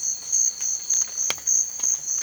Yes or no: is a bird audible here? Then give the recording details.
no. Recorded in secondary vegetation near Puerto Asís, Putumayo, Colombia, on 29 June 2025 at 14:30. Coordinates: 0.499, -76.323. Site G077